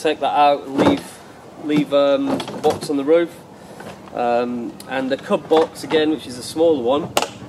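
Someone talks while handling the sliding catch on the small CB storage box of a VW T25 T3 Vanagon Westfalia front roof storage system, a catch that slides and locks into place. Only speech with light handling sounds is heard, and the catch has not yet locked or clicked into place.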